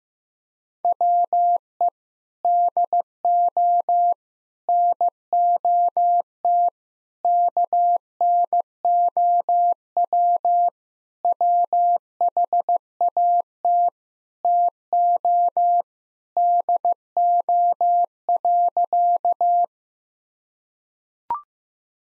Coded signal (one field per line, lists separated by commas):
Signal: Morse code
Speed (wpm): 14 wpm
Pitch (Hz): 700 Hz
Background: none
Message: WE DO NOT KNOW WHAT TO DO.